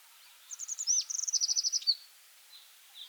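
Brown accentor delivering one quick phrase of high chipping notes that run into a fast, even trill lasting about a second, followed by a couple of faint notes.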